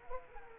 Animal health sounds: mosquito wingbeat signal from an infrared sensor; Culex quinquefasciatus

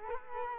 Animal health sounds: mosquito wingbeat signal from an infrared sensor; Culex quinquefasciatus

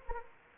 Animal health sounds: mosquito wingbeat signal from an infrared sensor; Anopheles gambiae

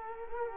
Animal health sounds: mosquito wingbeat signal from an infrared sensor; Culex quinquefasciatus

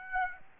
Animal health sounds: mosquito wingbeat signal from an infrared sensor; Aedes aegypti

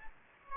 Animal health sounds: mosquito wingbeat signal from an infrared sensor; Aedes aegypti

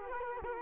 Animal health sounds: mosquito wingbeat signal from an infrared sensor; Culex quinquefasciatus

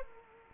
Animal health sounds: mosquito wingbeat signal from an infrared sensor; Culex quinquefasciatus

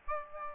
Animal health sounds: mosquito wingbeat signal from an infrared sensor; Aedes albopictus

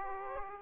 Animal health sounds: mosquito wingbeat signal from an infrared sensor; Aedes aegypti

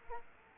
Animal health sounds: mosquito wingbeat signal from an infrared sensor; Culex quinquefasciatus

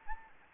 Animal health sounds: mosquito wingbeat signal from an infrared sensor; Anopheles gambiae

